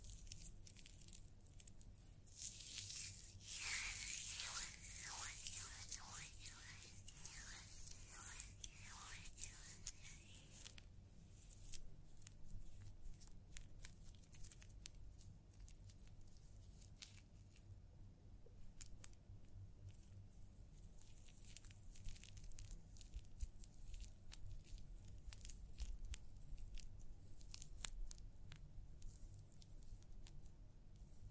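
Scalp massage during a hair wash, with soft squishing, crackling and tapping. From about 3 to 10 seconds a bright, hissing rush swells and pulses in quick strokes, then gives way to irregular light clicks and rustles over a steady low hum.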